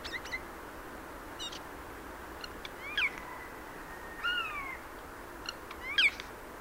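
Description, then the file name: Eurasian jay giving scattered short calls, brief notes and sweeping slurs, over steady background hiss. "Garrulus glandarius"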